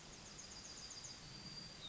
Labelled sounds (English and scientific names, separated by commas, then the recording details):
Yellowhammer (Emberiza citrinella) song
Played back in forest
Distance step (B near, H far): F
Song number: 119